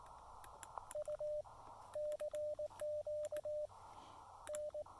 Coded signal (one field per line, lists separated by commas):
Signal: Morse code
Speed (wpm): 19 wpm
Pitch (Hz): 590 Hz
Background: radio noise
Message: U CQ N